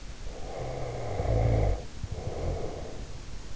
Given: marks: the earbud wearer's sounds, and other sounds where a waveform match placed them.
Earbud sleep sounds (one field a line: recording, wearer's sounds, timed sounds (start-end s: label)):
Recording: sounds in sleep by an in-ear microphone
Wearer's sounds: snoring breath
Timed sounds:
0.15-3.18 s: snoring breath